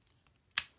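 A plastic leg joint on a Transformers Generations Titans Return Deluxe Class Autobot Topspin transforming robot toy is rocked into the inside of the leg until it sits down. A soft, bright click sounds at 0.6 s against near silence, though the joint doesn't truly lock into place. The joint ends up seated.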